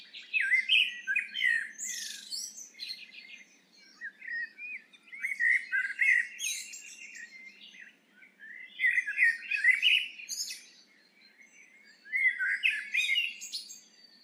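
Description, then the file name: Eurasian blackbird sings four melodious phrases, low fluted notes followed by a burst of high, squeaky chatter, repeated after brief pauses. "Turdus merula"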